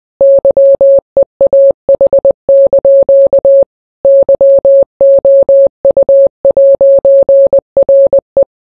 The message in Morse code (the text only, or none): YEAH) YOU'RE